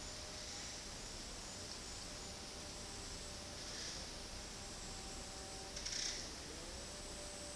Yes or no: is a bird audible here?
no